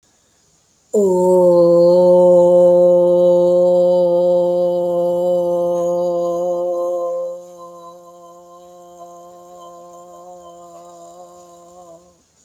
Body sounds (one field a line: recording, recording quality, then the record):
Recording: sustained vowel as in boot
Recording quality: excellent, no background noise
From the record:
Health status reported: healthy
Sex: female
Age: 60 years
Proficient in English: yes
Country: India